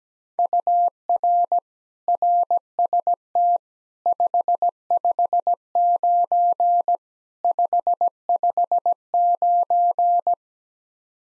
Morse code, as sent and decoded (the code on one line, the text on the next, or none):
..- .-. / .-. ... - / ..... ..... ----. / ..... ..... ----.
UR RST 559 559